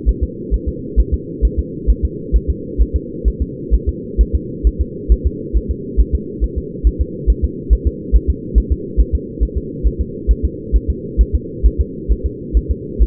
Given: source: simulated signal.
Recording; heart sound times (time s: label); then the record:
fetal heart sounds
0.09 s: S1
0.23 s: S2
0.54 s: S1
0.69 s: S2
1.00 s: S1
1.14 s: S2
1.45 s: S1
1.59 s: S2
1.90 s: S1
2.05 s: S2
2.36 s: S1
2.50 s: S2
2.81 s: S1
2.96 s: S2
3.28 s: S1
3.42 s: S2
3.74 s: S1
3.89 s: S2
4.21 s: S1
4.35 s: S2
4.67 s: S1
4.81 s: S2
5.12 s: S1
5.27 s: S2
5.57 s: S1
5.71 s: S2
6.00 s: S1
6.15 s: S2
6.44 s: S1
6.58 s: S2
6.87 s: S1
7.01 s: S2
7.30 s: S1
7.44 s: S2
7.73 s: S1
7.87 s: S2
8.16 s: S1
8.30 s: S2
8.58 s: S1
8.72 s: S2
9.00 s: S1
9.15 s: S2
9.43 s: S1
9.58 s: S2
9.87 s: S1
10.01 s: S2
10.31 s: S1
10.45 s: S2
10.76 s: S1
10.90 s: S2
11.21 s: S1
11.35 s: S2
11.66 s: S1
11.81 s: S2
12.12 s: S1
12.26 s: S2
12.57 s: S1
12.71 s: S2
13.02 s: S1
From the record:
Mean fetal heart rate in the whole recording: 135 bpm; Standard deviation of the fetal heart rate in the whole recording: 3 bpm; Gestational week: 34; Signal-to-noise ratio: -4.1 dB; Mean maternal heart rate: no maternal heart sound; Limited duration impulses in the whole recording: absent